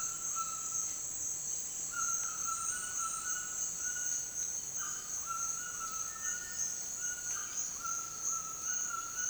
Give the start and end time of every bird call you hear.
[0.00, 0.96] bird call (0.8-5.1 kHz)
[1.89, 9.29] bird call (0.8-5.6 kHz)

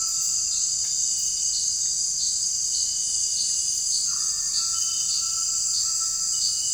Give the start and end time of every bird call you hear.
[4.03, 6.40] bird call (1.1-2.0 kHz)

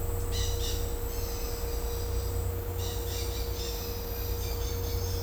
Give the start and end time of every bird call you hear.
[0.30, 2.44] bird call (2.1-6.9 kHz)
[2.75, 5.23] bird call (1.7-6.8 kHz)

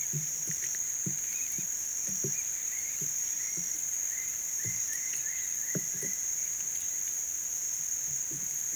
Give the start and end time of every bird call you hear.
[0.00, 6.21] bird call (1.3-2.8 kHz)

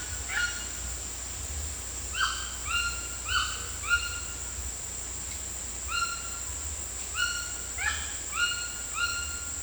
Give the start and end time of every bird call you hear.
[2.10, 4.42] bird call (0.9-6.0 kHz)
[5.88, 9.62] bird call (1.0-6.2 kHz)

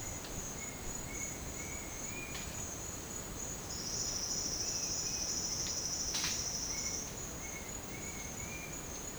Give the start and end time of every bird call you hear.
[0.00, 2.34] bird call (1.8-2.9 kHz)
[6.66, 8.78] bird call (1.6-2.8 kHz)

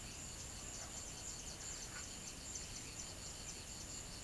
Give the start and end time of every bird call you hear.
[0.00, 3.90] bird call (4.5-7.1 kHz)

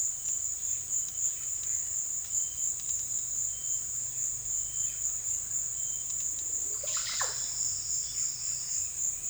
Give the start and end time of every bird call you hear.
[6.80, 7.38] bird call (0.2-6.7 kHz)

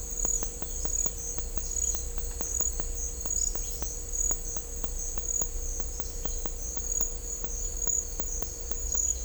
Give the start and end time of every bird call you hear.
[3.38, 3.78] bird call (4.0-6.1 kHz)

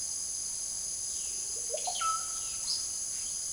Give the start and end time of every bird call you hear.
[1.61, 2.83] bird call (0.2-5.7 kHz)

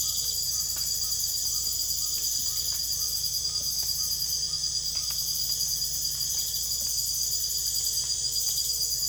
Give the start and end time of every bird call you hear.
[0.00, 5.11] bird call (1.0-1.5 kHz)

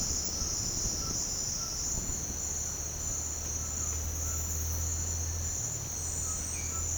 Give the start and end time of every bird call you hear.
[0.95, 1.82] bird call (0.8-1.6 kHz)
[6.16, 6.88] bird call (0.9-1.7 kHz)

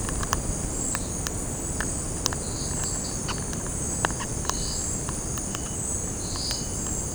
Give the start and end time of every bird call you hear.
[2.47, 3.43] bird call (3.4-5.4 kHz)
[4.15, 4.90] bird call (0.8-5.4 kHz)
[6.07, 6.82] bird call (3.3-6.0 kHz)

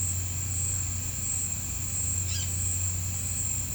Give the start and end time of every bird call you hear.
[2.27, 2.46] bird call (1.1-6.8 kHz)

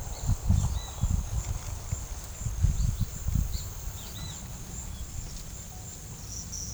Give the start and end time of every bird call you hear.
[0.05, 0.99] bird call (2.7-4.8 kHz)
[2.65, 4.36] bird call (2.9-5.0 kHz)

